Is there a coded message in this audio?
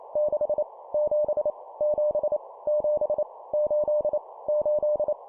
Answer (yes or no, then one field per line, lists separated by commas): yes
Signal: Morse code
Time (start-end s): 0.2-5.1 s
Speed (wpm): 28 wpm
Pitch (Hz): 600 Hz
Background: none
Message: 6 7 7 7 8 8